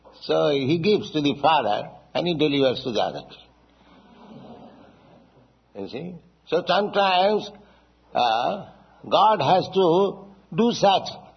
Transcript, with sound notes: So he gives to the father and he delivers to the other child. (laughter) You see? So sometimes God has to do such